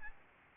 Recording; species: mosquito wingbeat signal from an infrared sensor; Aedes albopictus